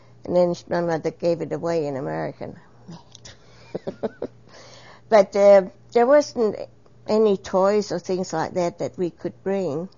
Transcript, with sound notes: And then my mother gave it away in America.. (laughs) But there wasn't any toys or things like that that we could bring.